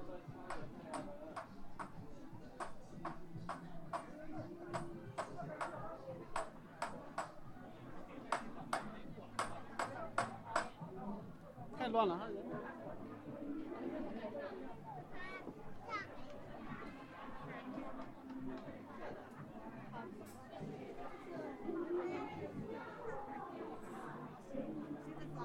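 A crowd of voices chatters at Hongyadong in Chongqing, a steady dense murmur with a low hum underneath. For the first twelve seconds sharp bright pings or clicks repeat about every half second, then thin out, leaving the talking to carry on alone.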